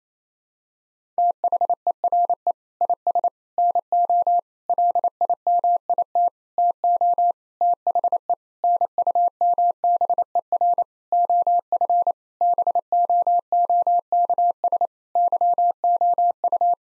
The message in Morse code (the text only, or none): THERE IS NO LIMIT TO THE NUMBER OF BOOKS YOU